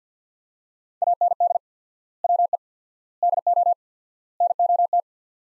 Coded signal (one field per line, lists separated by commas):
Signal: Morse code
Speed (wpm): 50 wpm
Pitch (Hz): 700 Hz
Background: none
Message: AND WE DO NOT